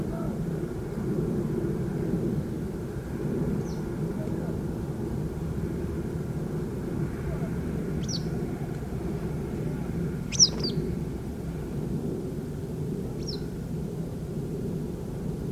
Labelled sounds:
Western Yellow Wagtail
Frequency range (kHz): Western Yellow Wagtail 1.9-8.7 kHz
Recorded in France

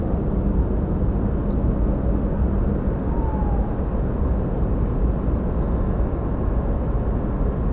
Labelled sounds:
Ortolan Bunting
Tawny Owl
Tree Pipit
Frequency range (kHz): Ortolan Bunting 3.3-6.5 kHz; Tawny Owl 0.7-1.1 kHz; Tree Pipit 4.3-7.1 kHz
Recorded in France

